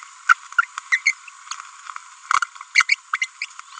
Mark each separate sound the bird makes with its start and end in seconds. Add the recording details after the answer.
0.59-0.64, 0.92-0.99, 1.06-1.13, 2.75-2.83, 2.89-2.95, 3.13-3.17, 3.21-3.25, 3.42-3.45. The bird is a female. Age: 30 days. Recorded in a nest box in Venezuela. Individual 17B42B3